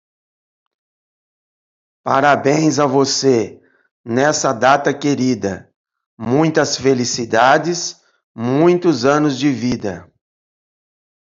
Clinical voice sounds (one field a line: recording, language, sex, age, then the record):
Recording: short text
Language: Brazilian Portuguese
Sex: male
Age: 50 to 59 years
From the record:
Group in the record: control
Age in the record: 51 years